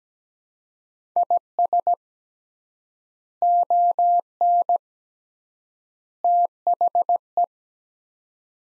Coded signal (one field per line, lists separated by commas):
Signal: Morse code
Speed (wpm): 17 wpm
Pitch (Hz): 700 Hz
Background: none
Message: IS ON THE